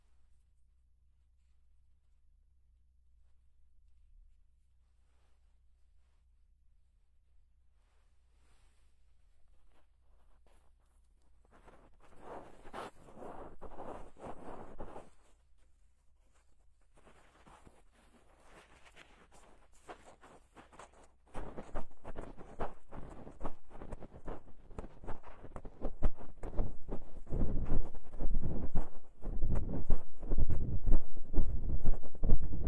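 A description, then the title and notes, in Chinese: Ear massage, starting almost silent with only a low steady hum for the first ten seconds. Soft rubbing and crackling begins around eleven seconds, pauses near fifteen, then returns from about twenty-one seconds as dense, louder scratchy rustling that continues to the end. 放松按摩耳朵。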